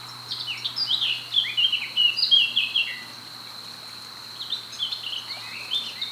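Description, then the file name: Eurasian blackcap song: a rapid, varied warbling phrase of high sweeping notes for about two and a half seconds, then a softer second phrase, over a steady high-pitched hum. "Sylvia atricapilla"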